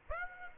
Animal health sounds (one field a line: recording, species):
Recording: mosquito wingbeat signal from an infrared sensor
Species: Aedes aegypti